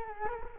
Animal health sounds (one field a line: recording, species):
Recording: mosquito wingbeat signal from an infrared sensor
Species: Culex quinquefasciatus